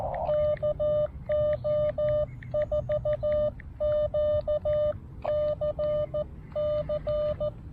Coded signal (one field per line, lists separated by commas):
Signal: Morse code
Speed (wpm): 14 wpm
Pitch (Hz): 600 Hz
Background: none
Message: KO4QCC